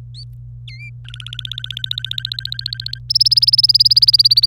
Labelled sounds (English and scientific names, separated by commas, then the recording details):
Domestic Canary (Serinus canaria) song
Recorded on 25 April 2018 at 17:28
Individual llb3